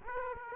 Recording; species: mosquito wingbeat signal from an infrared sensor; Aedes aegypti